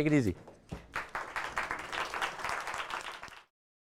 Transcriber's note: applause